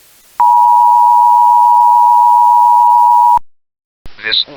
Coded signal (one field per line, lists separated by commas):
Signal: Emergency Alert System (SAME) tones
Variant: 853 and 960 Hz attention tone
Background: speech